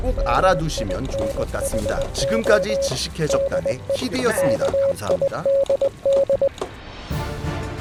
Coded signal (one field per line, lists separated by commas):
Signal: Morse code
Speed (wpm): 20 wpm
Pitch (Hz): 550 Hz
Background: speech, music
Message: MINHO DE KIDD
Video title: 💀 모든 통신 기술의 조상님… 모스부호! / 💀 모스부호의 역사